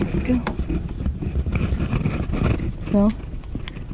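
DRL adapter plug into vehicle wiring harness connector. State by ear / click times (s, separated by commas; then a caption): seated / 3.7 s. The male end of a plug-and-play DRL adapter is pushed into the female end of a 2010 Camaro SS's wiring harness connector during a DRL and LED light install while someone talks. A slight, sharp click is heard at 3.7 s as the connector seats.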